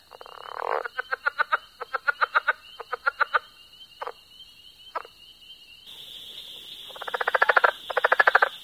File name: Southern Leopard Frog